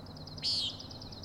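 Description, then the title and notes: Common nighthawk: a single loud, nasal, buzzy peent from a common nighthawk, cut across a steady high beaded trill. Three birds giving peenting calls; Overlook, Schoodic Head, Acadia National Park, Winter Harbor, Maine; 16 June 2017, 4am; flying in close formation, passing near the recordist. "Common Nighthawks, Schoodic Head 061617 4am. 3 common nighthawks making peenting calls and wings booms but also a rattling noise at the Overlook (410 ft) on Schoodic Head (435 feet) Schoodic division Acadia National Park Winter Harbor, ME"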